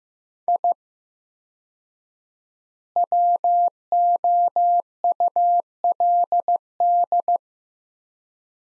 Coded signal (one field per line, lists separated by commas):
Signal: Morse code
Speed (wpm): 15 wpm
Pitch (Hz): 700 Hz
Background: none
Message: I WOULD